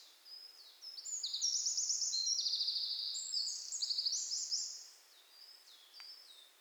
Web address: SETE Troglodytes troglodytes